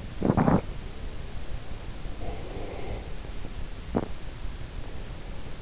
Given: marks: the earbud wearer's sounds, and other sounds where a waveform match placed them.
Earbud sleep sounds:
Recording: sounds in sleep by an in-ear microphone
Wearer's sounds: teeth grinding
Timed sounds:
0.00-0.84 s: teeth grinding
2.00-3.32 s: sound from someone else or the room
3.80-4.35 s: teeth grinding

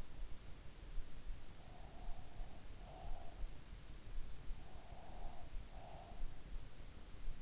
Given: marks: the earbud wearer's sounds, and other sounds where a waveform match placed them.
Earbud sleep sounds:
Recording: sounds in sleep by an in-ear microphone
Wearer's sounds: breath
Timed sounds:
1.58-3.74 s: breath
4.41-6.46 s: breath

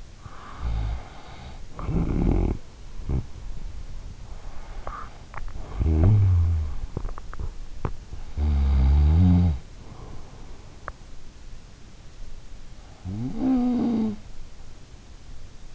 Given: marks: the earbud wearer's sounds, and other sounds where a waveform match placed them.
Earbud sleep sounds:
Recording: sounds in sleep by an in-ear microphone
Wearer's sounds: snoring breath, swallowing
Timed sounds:
0.01-3.67 s: snoring breath
4.82-6.93 s: snoring breath
6.70-8.25 s: swallowing
8.25-10.59 s: snoring breath
12.42-14.88 s: snoring breath

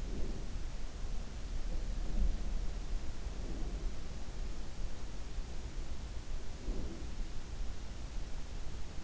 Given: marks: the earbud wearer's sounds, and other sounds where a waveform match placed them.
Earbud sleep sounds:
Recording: sounds in sleep by an in-ear microphone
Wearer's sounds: breath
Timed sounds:
0.00-0.81 s: breath
3.22-4.03 s: breath
6.57-7.16 s: breath

